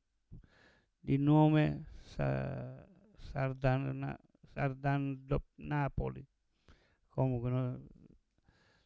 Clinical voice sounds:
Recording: read passage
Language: Italian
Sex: male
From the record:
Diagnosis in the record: Parkinson's disease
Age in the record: 70 years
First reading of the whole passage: 112 s, 4.6 characters per second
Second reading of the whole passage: 107 s, 4.9 characters per second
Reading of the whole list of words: 68 s, 4.1 characters per second

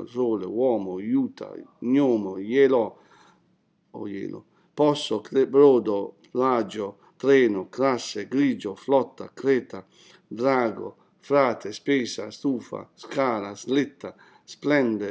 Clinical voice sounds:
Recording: read list of words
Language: Italian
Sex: male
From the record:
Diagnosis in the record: healthy control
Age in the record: 60 years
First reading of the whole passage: 60 s, 8.3 characters per second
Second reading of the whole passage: 54 s, 9.4 characters per second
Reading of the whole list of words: 38 s, 7.2 characters per second

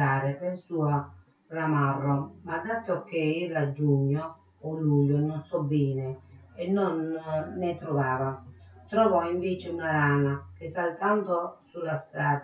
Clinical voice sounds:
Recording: read passage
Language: Italian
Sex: female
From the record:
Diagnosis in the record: Parkinson's disease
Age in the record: 63 years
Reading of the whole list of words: 61 s, 4.6 characters per second

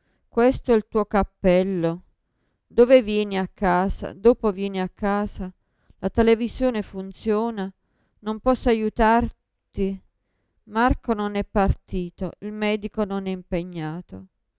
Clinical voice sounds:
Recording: read phrases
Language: Italian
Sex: female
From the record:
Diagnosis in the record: Parkinson's disease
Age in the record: 54 years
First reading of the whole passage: 55 s, 9.4 characters per second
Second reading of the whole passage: 50 s, 10.4 characters per second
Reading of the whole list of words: 55 s, 5.1 characters per second

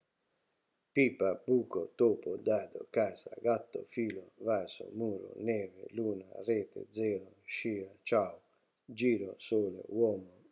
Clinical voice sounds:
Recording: read list of words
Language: Italian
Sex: male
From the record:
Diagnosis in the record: healthy control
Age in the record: 68 years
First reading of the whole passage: 59 s, 8.4 characters per second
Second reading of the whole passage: 56 s, 8.8 characters per second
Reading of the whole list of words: 34 s, 8.3 characters per second

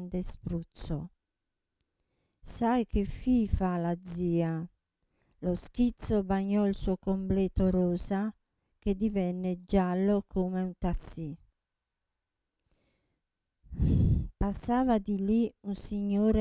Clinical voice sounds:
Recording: read passage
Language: Italian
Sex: female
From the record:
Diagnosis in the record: Parkinson's disease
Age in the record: 67 years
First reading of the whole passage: 79 s, 6.5 characters per second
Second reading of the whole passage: 74 s, 7.0 characters per second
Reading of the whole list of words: 72 s, 3.9 characters per second

